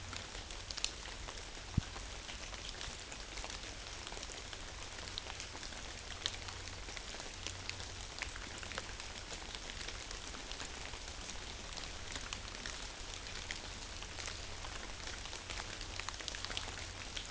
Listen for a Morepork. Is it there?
no